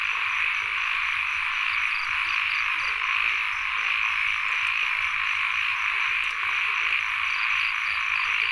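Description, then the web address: Frog chorus as a constant high hum, with short repeated pulses sounding in small bursts above it. Field recording, frogs and insects together, at Sen Monorom, Cambodia. "NOISE ON EARTH Vol 1 CAMBODIA Les Cartes Postales Sonores - Insects Frogs of Sen Monorom"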